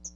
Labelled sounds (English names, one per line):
Hooded Warbler flight call